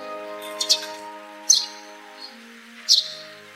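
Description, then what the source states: Eurasian tree sparrow uttering brisk doubled chirps at intervals over a steady low tonal hum. Recorded on Kamishima, Mie Prefecture, Japan.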